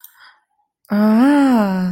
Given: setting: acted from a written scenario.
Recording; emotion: vocal sound without words; realization